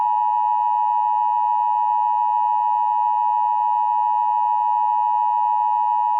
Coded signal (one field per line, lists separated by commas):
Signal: Emergency Alert System (SAME) tones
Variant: 853 and 960 Hz attention tone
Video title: EAS Scenario: Iowa Tornado Disaster